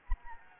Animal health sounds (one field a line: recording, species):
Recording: mosquito wingbeat signal from an infrared sensor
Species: Anopheles arabiensis